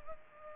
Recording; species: mosquito wingbeat signal from an infrared sensor; Culex pipiens